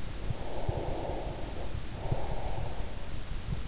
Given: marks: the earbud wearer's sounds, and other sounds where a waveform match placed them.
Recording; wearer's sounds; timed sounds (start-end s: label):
sounds in sleep by an in-ear microphone; breath
0.23-3.05 s: breath